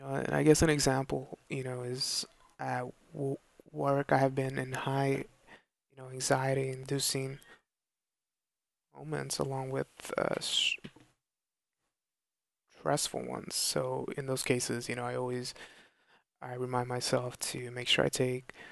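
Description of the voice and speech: An adult man who stutters speaks in short bursts with a part-word repetition ("w-work"), several stretched sounds and long silent gaps in mid-phrase. These are stuttering disfluencies: repetitions, prolongations and blocks interrupting otherwise clear speech. He often feels he lacks enough air to produce sounds when he stutters.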